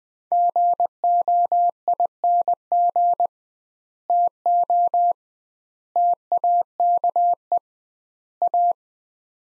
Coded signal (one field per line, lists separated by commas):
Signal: Morse code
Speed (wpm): 20 wpm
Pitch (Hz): 700 Hz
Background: none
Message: GOING TO TAKE A